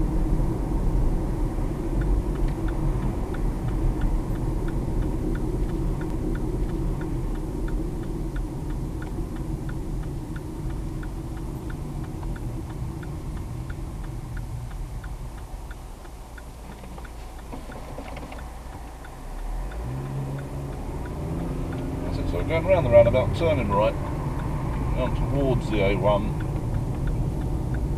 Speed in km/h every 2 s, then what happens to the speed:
47, 42, 37, 31, 26, 19, 6, 0, 0, 13, 24, 27, 26, 27.
0-13 brakes to 0. 13-16 standing. 16-20 pulls away to 24. 20-28 steady at about 26.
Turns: 21-28.